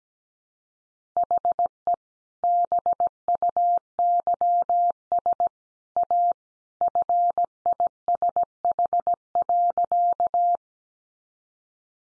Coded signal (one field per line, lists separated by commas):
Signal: Morse code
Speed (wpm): 17 wpm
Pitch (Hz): 700 Hz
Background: none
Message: HE BUYS A FISH.